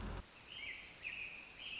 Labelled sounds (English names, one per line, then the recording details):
American Robin
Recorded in Sonoma County, California